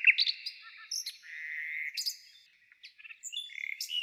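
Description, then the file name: Nightingale song made of sweet drawn-out whistles and short chirps, loosely spaced with brief gaps. "solovei"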